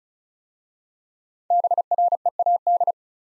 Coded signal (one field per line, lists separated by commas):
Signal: Morse code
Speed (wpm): 36 wpm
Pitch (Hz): 700 Hz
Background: none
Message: BREAD